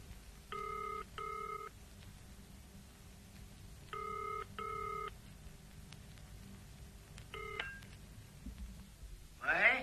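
In a scene of the Cantonese Wesley radio drama 'Transparent Light', a telephone number is dialed: short electronic tone bursts in pairs, a pause, another pair, then a single tone, over a faint hiss, ending with a brief rustling clatter.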